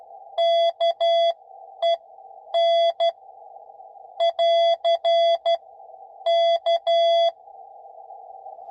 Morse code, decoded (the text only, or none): KEN <AR> K